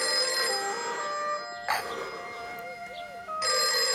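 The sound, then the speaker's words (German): A telephone rings with a bright, metallic bell trill in two bursts separated by a short pause, loud and steady against a quiet background. “Ein Telefon? Es gibt hier ein Telefon?”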